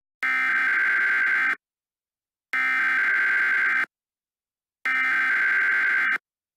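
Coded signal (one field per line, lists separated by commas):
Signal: Emergency Alert System (SAME) tones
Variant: header bursts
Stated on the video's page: Fictional alert scenario with text-to-speech messages.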